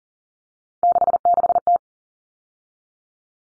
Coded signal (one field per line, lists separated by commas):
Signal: Morse code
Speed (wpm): 40 wpm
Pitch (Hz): 700 Hz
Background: none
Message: 66T